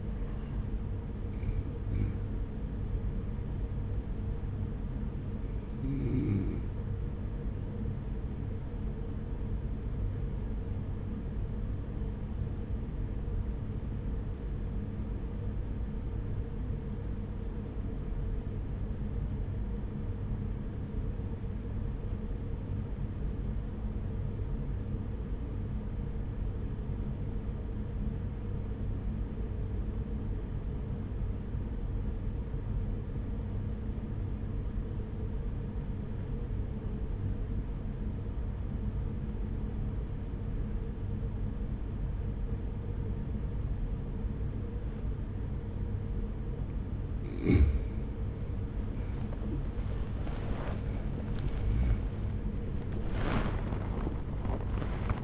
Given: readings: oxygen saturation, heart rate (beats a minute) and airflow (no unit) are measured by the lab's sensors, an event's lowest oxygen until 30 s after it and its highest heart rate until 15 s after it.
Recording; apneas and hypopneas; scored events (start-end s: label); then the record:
breathing in sleep by a smartphone at the bedside; 1
10.00-48.30 s: obstructive apnea (N1, oxygen 97% highest, then 85% lowest, heart rate 46 at the start, 75 highest)
12.00-42.00 s: new sleep stage, N2 (light sleep)
42.00-55.24 s: new sleep stage, awake
49.00-55.24 s: awake
From the record:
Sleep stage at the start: N1 (lightest sleep); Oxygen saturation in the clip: 87 to 97%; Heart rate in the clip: 44 to 69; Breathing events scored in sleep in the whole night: 210 in 6.9 hours asleep